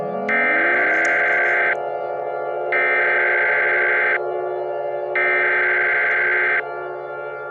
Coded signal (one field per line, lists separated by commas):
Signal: Emergency Alert System (SAME) tones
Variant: header bursts